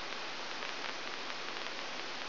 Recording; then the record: brain microelectrode recording played as sound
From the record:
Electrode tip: outside the subthalamic nucleus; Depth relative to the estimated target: -8 mm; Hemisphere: right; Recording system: AlphaMap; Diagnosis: Parkinson's disease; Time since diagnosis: 11 years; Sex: male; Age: 62 years